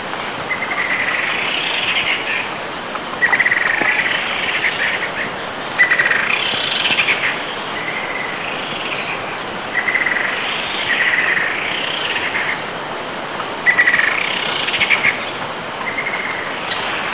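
Bird calls: short warbling chirps in repeated bursts, some rising and falling, over a steady hiss.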